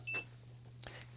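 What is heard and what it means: After the filter is slid back in, the front cover panel of a Medify AIR MA50 air purifier is snapped back onto its housing, giving a sharp hit at 0.8 s that may be the snap or the unit's electronic beep. A brief high tone sounds near the start over a steady low hum. The beep shows the panel is seated and the unit is ready, since its safety interlock will not let it run without the panel.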